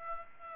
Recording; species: mosquito wingbeat signal from an infrared sensor; Aedes aegypti